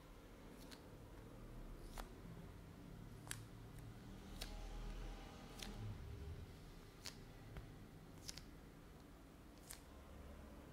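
Sharp nail taps land about every second or so, crisp and clicky over a low, rumbling bed of faint scratching and handling noise.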